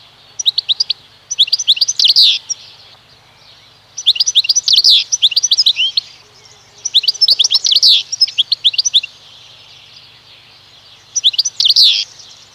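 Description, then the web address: European goldfinch song: four bursts of bright, tinkling twitters and buzzy notes, separated by short pauses. "Przyroda Ptaki Szczygieł"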